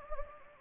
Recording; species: mosquito wingbeat signal from an infrared sensor; Anopheles gambiae